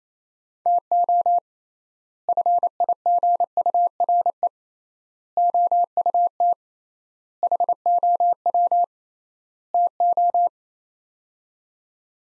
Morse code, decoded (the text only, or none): TO FIGURE OUT HOW TO